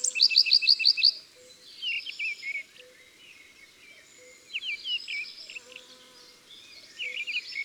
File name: Rougequeue a front blanc - Chants d'oiseaux dans la campagne